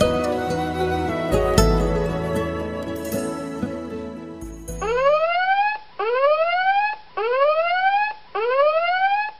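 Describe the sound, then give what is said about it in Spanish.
A dense, blaring tonal chord gives way to an alarm sounding four loud, rising whoops in a steady repeating rhythm, each sweep climbing in pitch before cutting off. “Esta es una alarma real, una llamada de atención para todos.”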